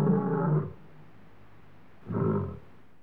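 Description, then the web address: Lion making two short, deep, grunting roars with a low rumble between them. Male lion roaring, Africa. "BBC Sound Effects Library. Africa. Lions, Male Lion Roaring"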